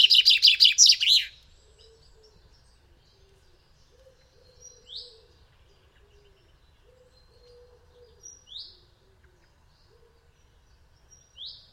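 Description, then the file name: Common chaffinch: a short burst of rapid trilling notes, then three sharp downward-slurred notes spaced several seconds apart. "Fringilla coelebs"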